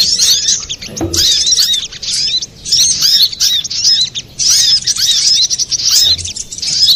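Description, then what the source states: Little spiderhunter song: shrill, rapid chirping phrases in sequence, brief pauses between them, with a soft low thump early on. Master recording for training cage birds, labelled 'ontong labaik'.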